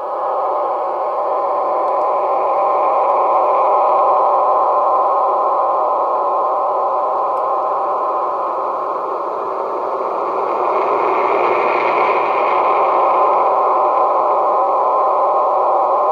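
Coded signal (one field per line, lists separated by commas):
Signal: numbers station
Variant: HM01 digital mode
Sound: steady, dense, rushing digital data hiss with a warbling texture, no voice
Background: radio static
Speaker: number station hmo1 hybrid station call up in Spanish and then into digital mode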